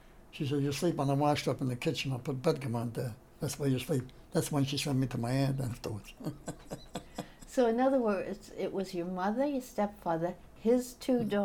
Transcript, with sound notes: She says, "You'll sleep on the washtub in the kitchen. I'll put bet gevant there. That's where you'll sleep." That's when she sent me to my aunt afterwards. [laughs]
So in other words, it was your mother, your stepfather, his two daughters.